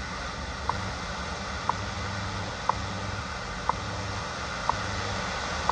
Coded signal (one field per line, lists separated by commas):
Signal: radio time signal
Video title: Yewrich YU-RU8 Portable DSP receiver WWV 15000 kHz Shortwave WRMI and New Zealand telescopic